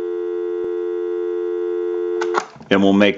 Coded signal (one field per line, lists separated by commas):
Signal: telephone call progress tone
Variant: North America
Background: speech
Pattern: dial tone